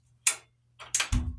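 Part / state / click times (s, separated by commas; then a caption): washing machine lid pressing the lid safety switch / seated / 0.3 s. After its lid safety switch was replaced, a Maytag top-loading washing machine from around 2005 gets its lid closed, and the lid presses the new switch, which gives a short, sharp click at 0.3 s. The old switch had gone bad after about 18 years and kept the washer from washing. Two more brief clicks follow at about 0.9 and 1.1 s, the last with a low thud and rumble, and the switch is confirmed working.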